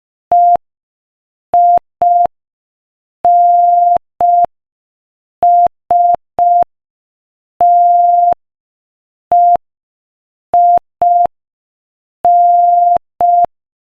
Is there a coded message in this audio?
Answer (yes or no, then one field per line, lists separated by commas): yes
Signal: Morse code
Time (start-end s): 0.3-13.4 s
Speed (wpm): 5 wpm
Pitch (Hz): 700 Hz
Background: none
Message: EINSTEIN